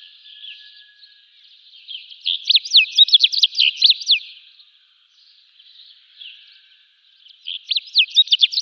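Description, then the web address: House bunting song: quick bursts of short, sharply descending chirpy notes repeated in fast jangling phrases, with a softer buzzy hum between the phrases. "Schulze Peter House Bunting"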